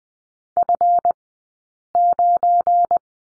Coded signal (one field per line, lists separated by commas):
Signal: Morse code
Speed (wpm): 20 wpm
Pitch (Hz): 700 Hz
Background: none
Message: F9